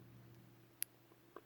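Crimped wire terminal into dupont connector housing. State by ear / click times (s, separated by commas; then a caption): seated / 0.8 s. A dupont pin terminal, crimped with an SN-28B crimper, is pushed into its plastic connector housing. A sharp, bright click at 0.8 s marks it seating, followed by a fainter tick at 1.4 s over a low steady hum. The terminal is seated in the housing.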